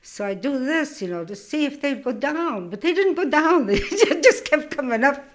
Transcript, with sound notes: So I do this you know, to see if they'd go down, but they didn't go down. ( she laughs ) They kept coming up.